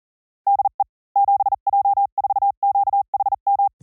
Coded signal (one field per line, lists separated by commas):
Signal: Morse code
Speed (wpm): 40 wpm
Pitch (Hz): 800 Hz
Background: none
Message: DE 7J4QHM